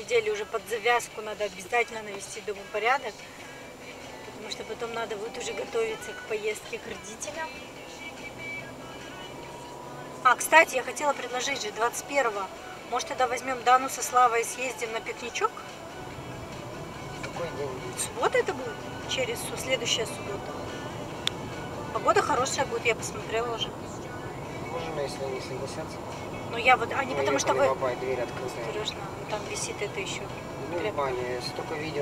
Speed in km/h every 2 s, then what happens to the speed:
20, 19, 27, 32, 37, 45, 46, 43, 43, 46, 51, 53, 53, 55, 52, 49.
2-11 speeds up to 46. 11-16 steady at about 43. 16-21 speeds up to 53. 21-26 steady at about 53. 26-32 slows to 49.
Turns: none.